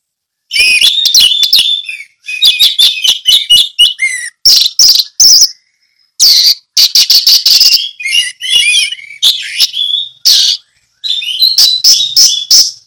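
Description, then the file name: Orange-headed thrush singing almost nonstop: dense, energetic phrases of rapid whistles, chips and buzzy notes with brief gaps between them. Song delivered in the ngeplong style. "anis merah ngeplong"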